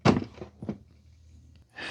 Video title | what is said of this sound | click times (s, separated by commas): Didn’t Expect This! Shark’s Smart Vacuum is AMAZING 🤯 | Rotate it and it should click into place. | 0.7 s